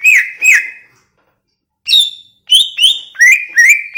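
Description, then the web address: Greater green leafbird song: two ringing whistles, a second of silence, then a quick run of sliding whistled notes with bright overtones. Banyuwangi; described as gacor (singing persistently). "cucak ijo banyuwangi"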